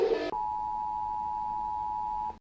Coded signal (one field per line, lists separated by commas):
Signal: Emergency Alert System (SAME) tones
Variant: 853 and 960 Hz attention tone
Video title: Пагонай кровавая луна eas сирена (СДЕЛАЙТЕ ПОТИШЕ!)